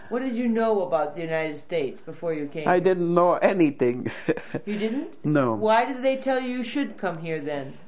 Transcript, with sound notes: What did you know about the United States before you came here?
I didn't know anything. ( she laughs )
You didn't?
No.
Why did they tell you you should come here, then?